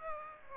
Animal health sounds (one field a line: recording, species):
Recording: mosquito wingbeat signal from an infrared sensor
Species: Aedes aegypti